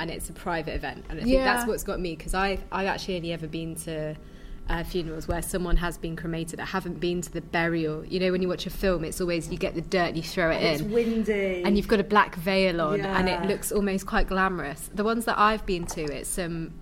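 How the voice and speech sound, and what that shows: A woman talks fluently in a relaxed, conversational tone, with a mid-range pitch, natural intonation and only brief pauses. Articulation and voice quality are ordinary, with no signs of a speech or voice disorder.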